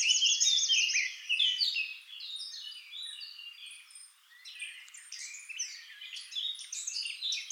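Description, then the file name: Eurasian blackcap singing: a bright, repeated phrase opens, then a busy scratchy warble continues with short pauses. "Sylvia atricapilla"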